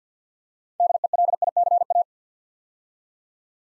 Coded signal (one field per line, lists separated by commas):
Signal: Morse code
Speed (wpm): 48 wpm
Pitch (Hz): 700 Hz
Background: none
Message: DELICA